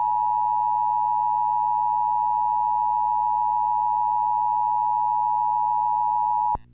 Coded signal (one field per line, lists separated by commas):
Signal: Emergency Alert System (SAME) tones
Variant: 853 and 960 Hz attention tone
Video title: (EAS YTP) High wind wind high watch high watch wind watch